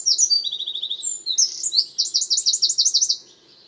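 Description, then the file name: Eurasian wren singing high twittering phrases and a brief buzzy rattle, then a loud run of evenly repeated trilled notes ending after about three seconds; faint low hum throughout. "Troglodytes troglodytes"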